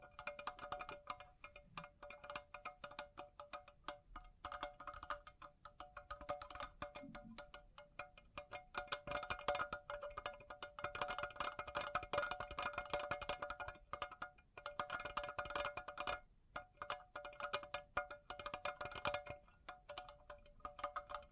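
Bright jingling bling sounds, like small metal pieces or chimes shaken together, clatter almost continuously with dense, rapid ringing tones. The jingling swells and thins in waves, with brief near-silent gaps around 14 and 16 seconds before resuming.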